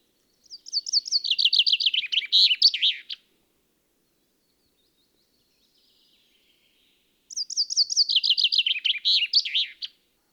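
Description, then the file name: Common chaffinch song: two bright phrases about seven seconds apart, each a descending series of rapid chipping notes ending in a short flourish, otherwise quiet. "Fringilla coelebs"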